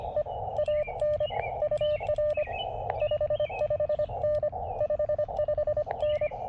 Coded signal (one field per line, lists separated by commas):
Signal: Morse code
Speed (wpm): 25 wpm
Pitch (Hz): 600 Hz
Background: none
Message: E AN UR 55N 55N